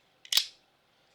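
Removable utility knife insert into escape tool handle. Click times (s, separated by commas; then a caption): 0.3 s. A removable utility knife insert is pushed back into the plastic body of a car escape tool and snaps home with a satisfying click at 0.3 s, after a faint lighter tick just before. The bright, sharp snap fades quickly to quiet within about a quarter second, with the insert seated in the handle.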